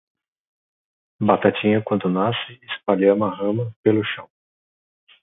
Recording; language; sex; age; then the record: short text; Brazilian Portuguese; male; 40 to 49 years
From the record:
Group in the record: control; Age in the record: 41 years